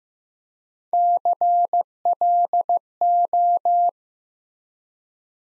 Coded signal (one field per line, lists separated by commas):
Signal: Morse code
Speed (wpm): 15 wpm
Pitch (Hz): 700 Hz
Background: none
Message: CLO